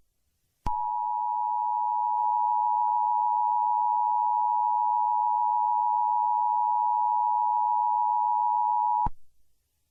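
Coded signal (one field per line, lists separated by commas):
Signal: Emergency Alert System (SAME) tones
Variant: 853 and 960 Hz attention tone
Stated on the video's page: Fictional EAS scenario/mock.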